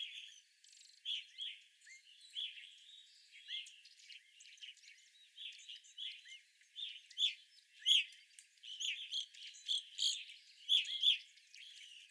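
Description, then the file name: Evening grosbeaks calling, repeated short burry chirps growing busier and louder in the second half. Several evening grosbeaks recorded on 25 April 2021. "2021-04-25 Evening Grosbeaks"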